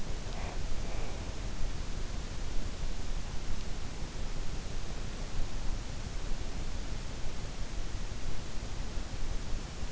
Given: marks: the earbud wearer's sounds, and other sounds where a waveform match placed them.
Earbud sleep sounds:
sounds in sleep by an in-ear microphone; breath
0.00-1.97 s: breath

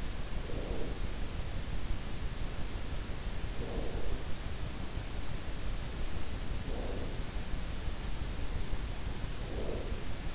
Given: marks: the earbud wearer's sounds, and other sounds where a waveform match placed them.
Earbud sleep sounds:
sounds in sleep by an in-ear microphone; breath
0.00-1.33 s: breath
3.29-4.82 s: breath
6.48-7.70 s: breath
8.95-10.35 s: breath

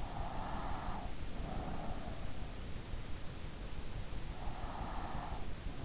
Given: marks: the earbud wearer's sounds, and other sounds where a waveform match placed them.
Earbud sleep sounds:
sounds in sleep by an in-ear microphone; breath
0.03-2.83 s: breath

